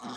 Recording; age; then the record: pig call; piglet (1 to 25 days)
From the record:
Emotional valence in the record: negative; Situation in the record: short isolation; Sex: male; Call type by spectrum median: low-frequency call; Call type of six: low-frequency tonal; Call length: 0.17 s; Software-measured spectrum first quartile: 387 Hz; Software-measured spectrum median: 957 Hz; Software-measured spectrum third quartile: 2222 Hz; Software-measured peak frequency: 234 Hz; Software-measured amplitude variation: 80 dB a second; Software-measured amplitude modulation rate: 14.6 a second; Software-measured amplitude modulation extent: 5.4 dB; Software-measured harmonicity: 0.6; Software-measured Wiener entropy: -1.31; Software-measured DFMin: 490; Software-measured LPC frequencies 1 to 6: 1115, 3302, 3798, 5073, 5430, 6573 Hz